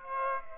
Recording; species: mosquito wingbeat signal from an infrared sensor; Aedes aegypti